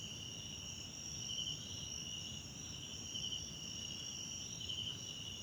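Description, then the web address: Crickets trilling in a steady high chorus, a shrill continuous buzz with brighter pulsed chirps rising out of it every second or two over a low background rumble. Crickets recorded at night in a wetland park at Kosi Forest Lodge, South Africa; background ambience. "Tonschliff - SOUTH AFRICAN CRICKETS BG South Africa Wetland Park Kosi Forest Lodge Night"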